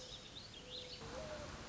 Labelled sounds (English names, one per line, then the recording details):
Mourning Dove
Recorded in Sonoma County, California